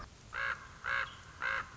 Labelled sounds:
Common Raven
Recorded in Sonoma County, California

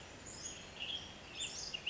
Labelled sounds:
Western Tanager
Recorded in Sonoma County, California

